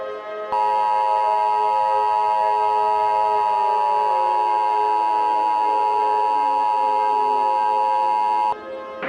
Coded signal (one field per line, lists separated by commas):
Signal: Emergency Alert System (SAME) tones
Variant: 853 and 960 Hz attention tone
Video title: [EAS SCENARIO] DOOM IN BLOOM